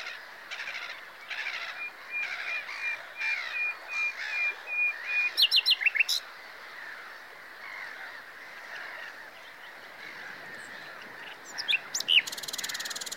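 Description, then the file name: Common nightingale singing a long run of soft repeated notes that ends in a burst of loud sharp notes, then a pause before another brief phrase. "Luscinia megarhynchos"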